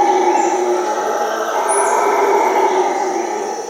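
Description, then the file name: Howler monkey roar held as a steady gravelly drone, briefly crossed by a high thin chirp. Howling at midnight. "Frisson de Minuit Singe Hurleur"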